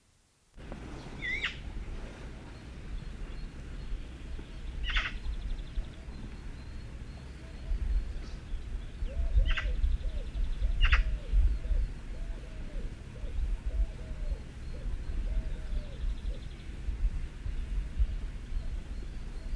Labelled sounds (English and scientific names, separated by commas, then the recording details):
Eurasian Magpie (Pica pica) call
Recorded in the wild
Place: Dumbraveni, Transilvania, RO
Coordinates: 46.23, 24.575
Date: 1973-05-01
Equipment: Nagra III BH, Sennheiser MD 21, parabola
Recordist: Schubert, Michael